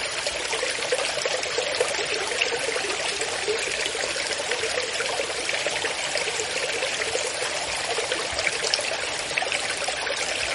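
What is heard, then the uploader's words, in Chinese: Flowing water runs steadily for the whole stretch, a dense, even rush with a bright, splashy trickle on top and little low rumble. The level barely changes, with small quick ripples of splashing throughout and no other sounds standing out. 初夏的流水声 夹杂一丝丝清凉。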